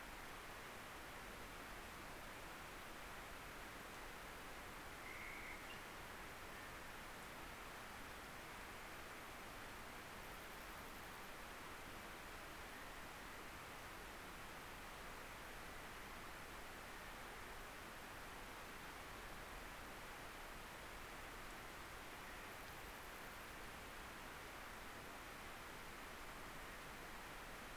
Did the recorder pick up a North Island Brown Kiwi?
no